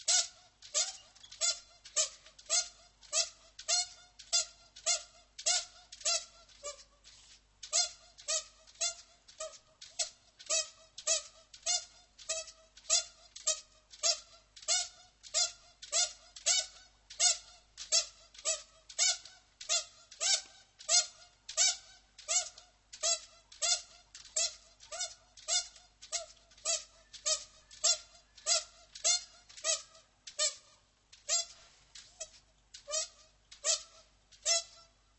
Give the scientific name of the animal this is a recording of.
Tremarctos ornatus